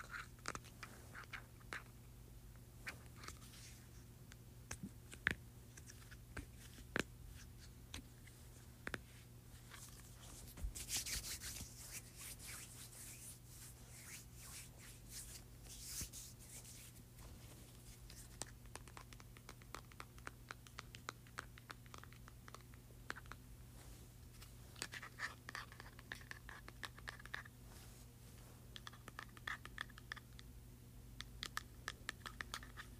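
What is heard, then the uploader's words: A small hand sanitizer bottle is handled up close in a quiet room, giving sharp clicks and taps scattered through the whole clip. Soft hissing, rubbing bursts come around eleven seconds and again near twenty-five to thirty seconds, over a steady low hum. ASMR Mini Hand Sanitizer.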